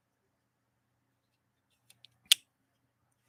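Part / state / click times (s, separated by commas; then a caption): upper thread tension adjuster ring into sewing machine tension assembly / seated / 2.3 s. On a Singer 201-2 sewing machine, the metal upper thread tension adjuster ring is let go and snaps into its locked position in the tension assembly. A couple of faint ticks at about 1.9 and 2.0 seconds lead up to one sharp, bright metallic click at 2.3 seconds. The adjuster is seated and clicked in place.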